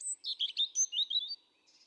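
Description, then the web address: European robin phrase of quick, high, liquid warbled notes, trailing off into a faint thin trill. "pub SETE data Erithacus rubecula 310717"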